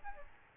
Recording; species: mosquito wingbeat signal from an infrared sensor; Aedes albopictus